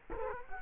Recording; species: mosquito wingbeat signal from an infrared sensor; Culex quinquefasciatus